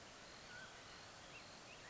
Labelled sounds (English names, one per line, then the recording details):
Mountain Quail
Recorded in Sonoma County, California